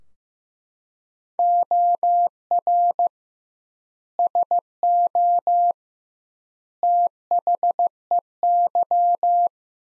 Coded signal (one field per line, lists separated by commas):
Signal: Morse code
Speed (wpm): 15 wpm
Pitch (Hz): 700 Hz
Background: none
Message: OR SO THEY